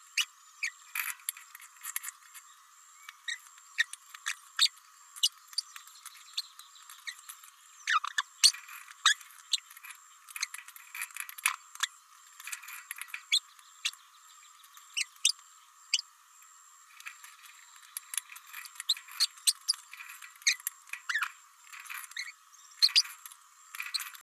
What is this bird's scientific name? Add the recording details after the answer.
Forpus passerinus. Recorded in a nest box in Venezuela. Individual 18B104A4